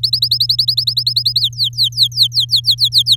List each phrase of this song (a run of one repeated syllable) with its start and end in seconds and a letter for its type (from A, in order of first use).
0.03-1.40 A, 1.41-3.16 B